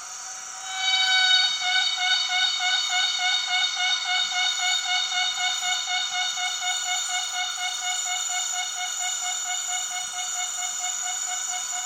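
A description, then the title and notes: An Empress cicada calls with a loud, steady, rapidly pulsing buzz. It starts quieter, swells to full strength after about a second, then holds a shrill, ringing tone with a fast regular throb, easing off only slightly toward the end. The weird sound of the Empress cicada.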